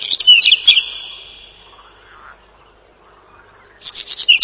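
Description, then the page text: Whinchat song: a fast, scratchy phrase of high chattering notes fades into quiet, with a new burst starting at the end. Song described as a short twittering trill. "Луговой чекан — Saxicola rubetra"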